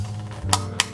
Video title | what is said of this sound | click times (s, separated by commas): Basic PC Build Guide | press it down and it'll lock into place | 0.5 s, 0.8 s